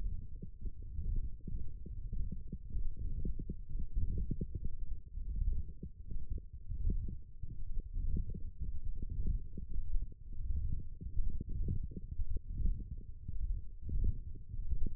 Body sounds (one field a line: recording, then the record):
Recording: forearm muscle sounds (acoustic myography)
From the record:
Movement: ulnar deviation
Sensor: system 1, eight BSWA MPA416 microphones around the upper forearm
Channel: 2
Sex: male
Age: 23 years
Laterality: right